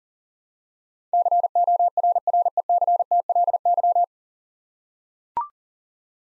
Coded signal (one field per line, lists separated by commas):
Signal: Morse code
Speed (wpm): 40 wpm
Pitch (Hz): 700 Hz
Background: none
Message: CORRECTLY